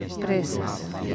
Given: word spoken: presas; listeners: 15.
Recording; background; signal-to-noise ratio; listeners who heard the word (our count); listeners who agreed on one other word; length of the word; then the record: one Spanish word in noise, from a listening test; eight-talker babble; 0.7 dB; 1 of 15; 7 of 15; 0.75 s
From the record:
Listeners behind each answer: 7, 3, 1, 1, 1, 1, 1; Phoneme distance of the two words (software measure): 38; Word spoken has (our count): 2 syllables, 6 phonemes, stress on syllable 1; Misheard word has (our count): 2 syllables, 6 phonemes, stress on syllable 2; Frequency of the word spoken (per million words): 7.07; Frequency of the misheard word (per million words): 12.80